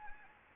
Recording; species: mosquito wingbeat signal from an infrared sensor; Anopheles gambiae